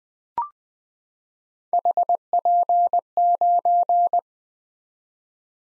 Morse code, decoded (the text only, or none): HP9